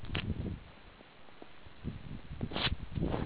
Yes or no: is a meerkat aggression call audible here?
no